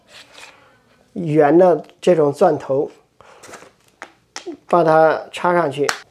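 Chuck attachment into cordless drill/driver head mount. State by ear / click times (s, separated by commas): not seated / none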